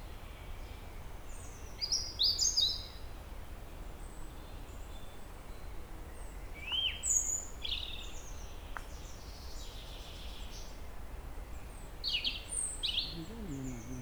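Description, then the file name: European robin singing short, varied high phrases of sweet whistles and quick trills at irregular intervals, with a constant low hum underneath. "Erithacus rubecula"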